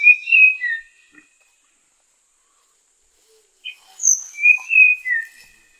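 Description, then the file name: Tanahjampea Blue Flycatcher singing two brief phrases of high whistled slurs separated by a pause of nearly three seconds. "sikatan tanahjampea"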